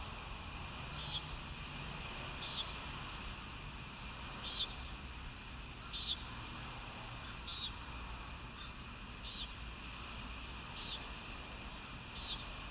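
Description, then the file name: Common nighthawk giving short, buzzy nasal peent calls, repeated roughly every one to two seconds, over a steady hum and low rumbling background noise. Recorded at Kissimmee on 1 May 2019; the recording is labelled as noisy. "2019-05-01 Common Nighthawk Kissimmee"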